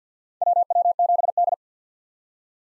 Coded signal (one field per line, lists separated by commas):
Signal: Morse code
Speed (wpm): 50 wpm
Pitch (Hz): 700 Hz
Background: none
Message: WW7D